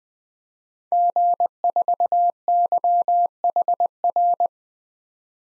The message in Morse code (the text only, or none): G4YHR